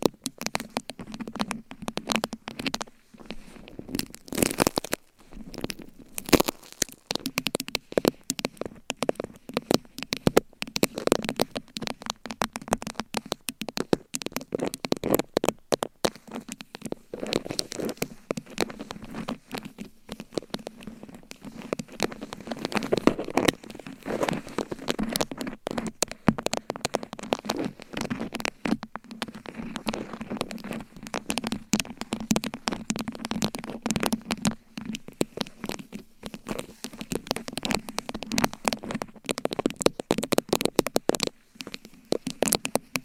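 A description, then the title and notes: Gentle tapping and scratching runs dense throughout, quick irregular taps over a soft rustle with a low hum underneath. ASMR Tingly Gentle Tapping & Scratching. No Talking.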